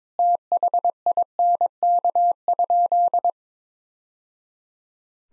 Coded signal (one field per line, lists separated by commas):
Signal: Morse code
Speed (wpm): 22 wpm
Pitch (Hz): 700 Hz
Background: none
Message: THINK?